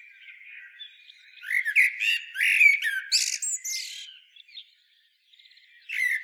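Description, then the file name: Common blackbird giving a scratchy, chattering burst of squawky notes with high twittering elements, followed by a quiet gap and a short renewed burst. "Turdus merula"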